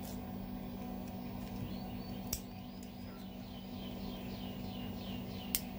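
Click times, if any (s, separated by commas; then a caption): 5.5 s. While fitting a light-cutoff relay on a Suzuki Address scooter, a plastic connector or relay is pushed into its socket on the wiring harness over a steady low hum and faint high chirping sounds. A sharp tick is heard at 2.3 s, and the connector clicks in and latches at 5.5 s, fully seated.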